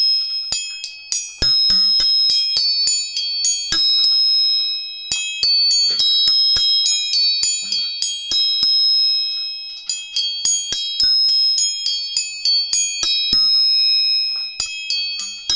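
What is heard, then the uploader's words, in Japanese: Tuning forks are struck again and again, giving bright, high metallic rings that sustain and overlap into a shimmering tone. Taps come in quick clusters with short pauses around four, nine and fourteen seconds. The sound is quiet otherwise. 音叉チューニング。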